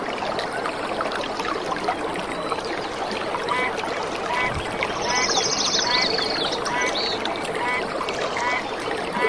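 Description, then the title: Birds: bird giving a brief high, dry buzzing trill midway, with a few faint chirps, largely masked by loud rushing water. Birds in a rainy forest beside a clear stream. "The pure stream and lovely birds in the rainy forest"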